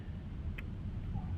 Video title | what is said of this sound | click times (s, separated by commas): Installing vvt Sensor 2018 Malibu. 1.5L GM. variable valve timing sensor | Push that until you hear it click. | 0.6 s